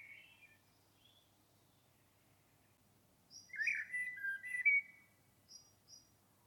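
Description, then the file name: Common blackbird singing one short, rich warbled phrase after a quiet stretch, with another bird's high thin paired notes. "Turdus merula"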